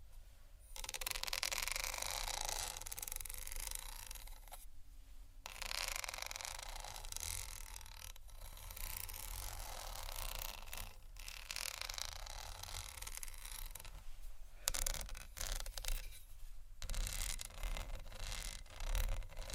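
Plastic and glass rattle and scratch almost without pause, a dense clattering mixed with quick tapping. The sound runs bright and fairly steady, broken by short gaps near 5 seconds and between 14 and 17 seconds. A low rumble sits underneath throughout.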